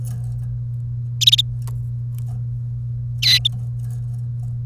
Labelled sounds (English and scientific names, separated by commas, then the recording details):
Domestic Canary (Serinus canaria) song
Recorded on 1 May 2018 at 09:53
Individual llb3